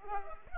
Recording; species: mosquito wingbeat signal from an infrared sensor; Culex pipiens